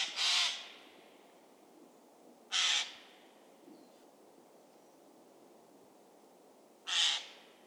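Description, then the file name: Eurasian jay, three loud, hoarse screeches spaced several seconds apart, each a short noisy burst, with near silence between. "Garrulus glandarius"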